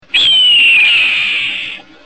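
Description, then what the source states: Red-tailed hawk call: one hoarse, drawn-out scream lasting about one and a half seconds, starting high and slowly sliding downward, with nothing else clearly audible. Recorded in northwest California.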